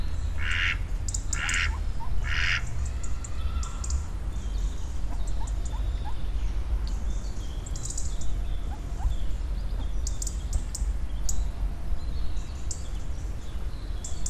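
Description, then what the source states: Duck producing three rasping quacks at the start, after which mostly songbird chirps and whistles fill the background. Two ducks living in Parque do Mandanelho, Oliveira do Hospital.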